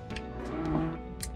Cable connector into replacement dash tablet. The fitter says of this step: and you'll hear it click and latch